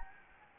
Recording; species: mosquito wingbeat signal from an infrared sensor; Anopheles gambiae